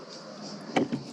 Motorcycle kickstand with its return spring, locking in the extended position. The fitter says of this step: Make sure it locks. See that? It locks in place.